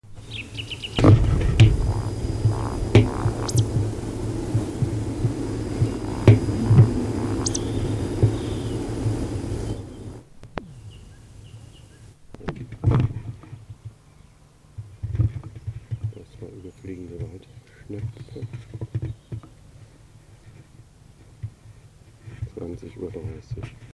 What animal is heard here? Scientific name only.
Scolopax rusticola